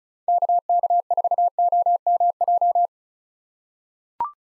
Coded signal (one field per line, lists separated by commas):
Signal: Morse code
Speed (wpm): 34 wpm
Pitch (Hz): 700 Hz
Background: none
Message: KK4OMJ